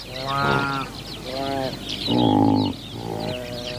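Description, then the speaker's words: Saiga antelope calls: four nasal, harmonic-rich bleats, each under a second long, the third loudest and longest, over faint higher background sounds. "What is that? That is the sound of the Saiga antelope."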